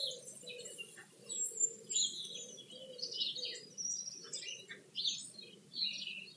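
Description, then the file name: Birds chirping in short, scattered high notes and twitters, with a steady low hum underneath. Birds singing in a garden. "Birds Singing In The Garden"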